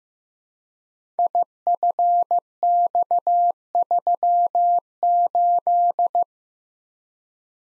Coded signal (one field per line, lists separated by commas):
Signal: Morse code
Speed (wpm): 15 wpm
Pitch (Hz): 700 Hz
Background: none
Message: IFX38